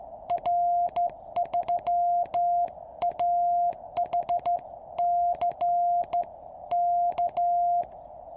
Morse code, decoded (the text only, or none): R3AHC K